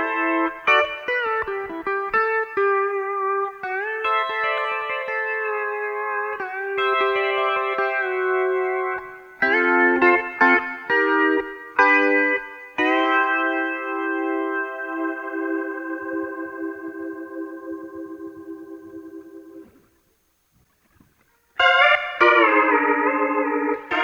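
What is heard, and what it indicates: Clean electronic tones from a neonatal ventilator, recorded directly from the machine in mono. Short stepped chimes give way to a long steady hum-like tone, then a brief silence before the tones start again. These are the device's operating and alert sounds.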